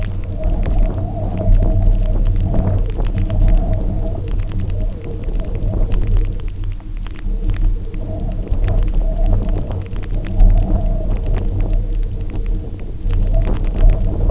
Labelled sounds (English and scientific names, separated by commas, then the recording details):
none
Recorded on Arctic tundra, site UTQI-0, on 27 June 2018
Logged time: 20:00